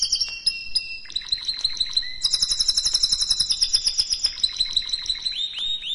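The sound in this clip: Canary singing steady whistled notes that break into a rapid high rattling trill, ending with repeated down-slurred chirps.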